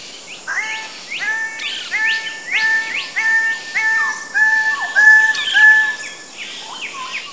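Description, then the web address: Bird calls in jungle ambience: repeated rising whistled notes with sharp upswept chirps, soft hiss behind. "Zero-G Ambient 1 JUNGLE BIRDS STRANGEBIRD"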